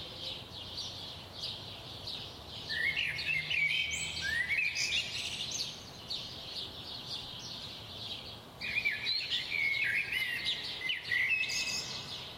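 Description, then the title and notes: Chorus of birds, with loud bursts of warbling, whistled phrases around four and ten seconds over continuous softer chirping and a low background hum. Recorded at 4am. "Birds at 4am by Daniel Sky"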